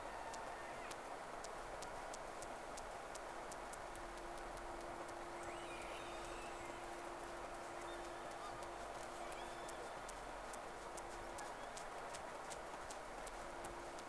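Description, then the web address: Whale clicks in rapid, fairly even trains almost throughout, with faint wavering whistles midway and a steady low hum for much of it. Two whales, recorded 3 October 2006, Round 1, Sea Snake. "Sea Snake 10-3-06 Whales X 2 11-30 Round 1"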